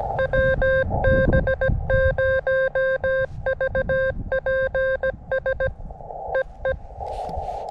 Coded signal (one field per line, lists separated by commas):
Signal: Morse code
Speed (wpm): 17 wpm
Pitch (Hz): 530 Hz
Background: none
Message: WB0VPS EE